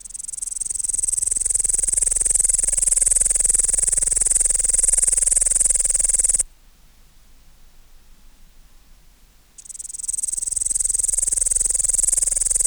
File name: Tettigonia cantans